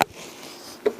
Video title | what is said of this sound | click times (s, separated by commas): WITB - Freddie Meikle PGA Golf Pro 2025 | that clicks in place there. | 0.0 s